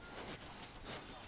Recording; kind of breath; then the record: one breath in and out by a microphone near the nose and mouth; strong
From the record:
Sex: male